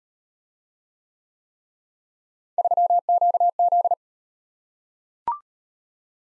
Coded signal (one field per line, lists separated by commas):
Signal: Morse code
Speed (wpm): 38 wpm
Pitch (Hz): 700 Hz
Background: none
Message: 3QZ